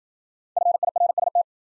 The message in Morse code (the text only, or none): FIRST